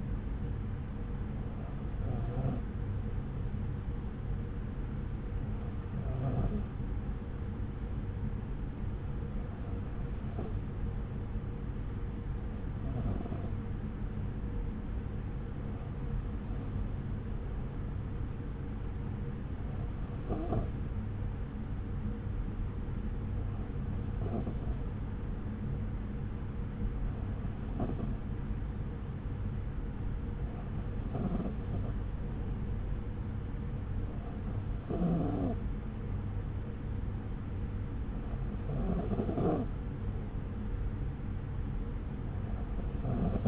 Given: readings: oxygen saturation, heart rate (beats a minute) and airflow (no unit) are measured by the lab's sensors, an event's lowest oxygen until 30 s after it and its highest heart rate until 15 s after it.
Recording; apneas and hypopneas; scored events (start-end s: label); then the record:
breathing in sleep by a smartphone at the bedside; none
none scored
From the record:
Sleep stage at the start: N2 (light sleep); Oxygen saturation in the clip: 92 to 93%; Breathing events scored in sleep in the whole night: 303 in 8.1 hours asleep